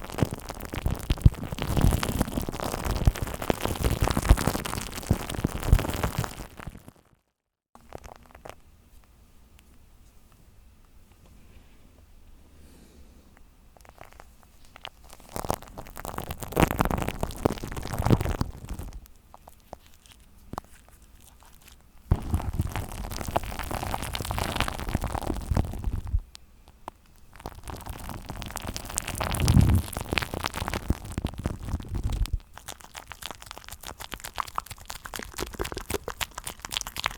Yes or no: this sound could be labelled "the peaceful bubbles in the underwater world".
no